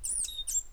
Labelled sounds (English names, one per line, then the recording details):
Stitchbird song
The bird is a male
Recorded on Tiritiri Matangi Island, New Zealand, in 2005
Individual 2, of nest box 2